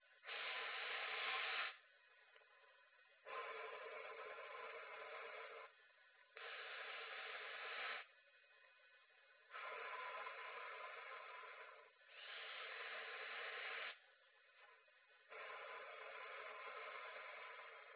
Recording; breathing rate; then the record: paced breathing near a phone; 10 breaths a minute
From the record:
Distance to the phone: 20 cm